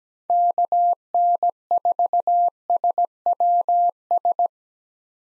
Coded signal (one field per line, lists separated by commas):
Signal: Morse code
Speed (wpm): 17 wpm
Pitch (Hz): 700 Hz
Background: none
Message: KN4SWS